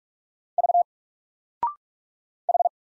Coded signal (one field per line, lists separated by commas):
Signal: Morse code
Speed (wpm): 44 wpm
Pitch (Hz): 700 Hz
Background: none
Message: V H